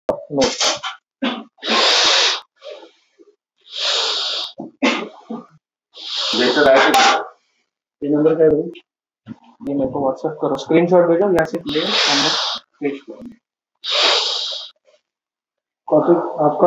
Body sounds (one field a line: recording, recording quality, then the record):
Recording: shallow breathing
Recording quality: excellent, no background noise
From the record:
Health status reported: exposed to COVID-19, no respiratory illness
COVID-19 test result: not tested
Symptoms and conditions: none ticked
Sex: male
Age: 31 years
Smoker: not ticked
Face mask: not worn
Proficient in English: yes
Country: India